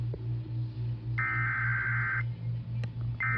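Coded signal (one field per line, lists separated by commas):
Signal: Emergency Alert System (SAME) tones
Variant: header bursts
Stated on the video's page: EAS alerts played on a Nintendo Switch; not actual emergencies.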